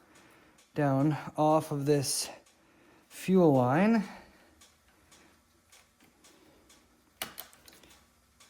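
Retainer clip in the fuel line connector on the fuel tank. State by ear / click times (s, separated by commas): released / 7.2 s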